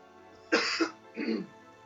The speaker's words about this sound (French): le gros blanc qu'on vient de voir, c'est parce que … a toussé